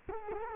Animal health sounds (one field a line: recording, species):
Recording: mosquito wingbeat signal from an infrared sensor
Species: Culex quinquefasciatus